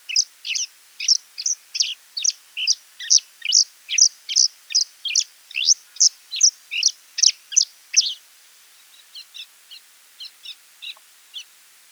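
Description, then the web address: Scaly-feathered weaver giving a fast run of sharp, high chirps, about two each second, pausing at eight seconds before a few softer chirps return. "Scaly feathered weaver. دانلود-صدای-پرنده-جولای-پر-پولکی"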